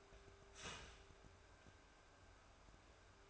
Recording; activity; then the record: daily activity, microphone in the room; start toaster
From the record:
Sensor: 2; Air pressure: 1014.6 hPa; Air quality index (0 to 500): 200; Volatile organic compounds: 22 ppm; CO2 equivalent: 2740 ppm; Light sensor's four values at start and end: 3/9/3/3 and 3/9/3/3